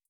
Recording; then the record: hydrophone in a shrimp aquaculture tank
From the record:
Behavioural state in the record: starved